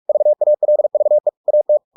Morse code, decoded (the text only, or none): VALVE AT